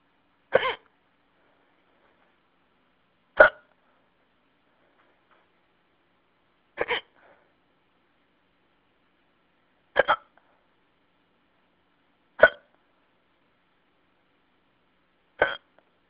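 Six sharp, brief hiccups from an adult, about every three seconds, roughly 20 a minute, typical of ongoing singultus.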